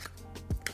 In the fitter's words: so you can use it like so it kind of clicks in place